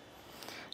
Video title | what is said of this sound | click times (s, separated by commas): etrailer - DIY 2023 Nissan Murano Installation for the Konig Easy Fit Tire Chains | here click into place | 0.7 s